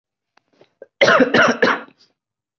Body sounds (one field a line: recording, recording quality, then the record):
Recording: heavy voluntary cough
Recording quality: excellent, no background noise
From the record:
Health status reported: recovered from COVID-19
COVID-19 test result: positive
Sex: male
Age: 22 years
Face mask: not worn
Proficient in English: yes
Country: India